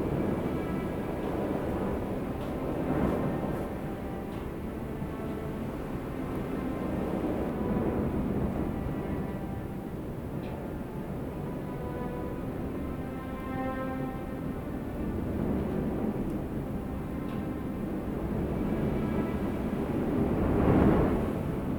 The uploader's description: the sound of fall wind and beautiful strings